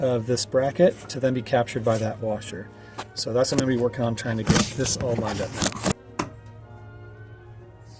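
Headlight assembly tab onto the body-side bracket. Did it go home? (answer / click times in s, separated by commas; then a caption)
yes / 6.2 s. Someone talks while lining up the headlight assembly tab of a 2012 Chevy Tahoe on the outside of the body-side bracket so the washer captures it during refitting. A single sharp click is heard at 6.2 s as the tab seats into place, followed by quiet low background hum.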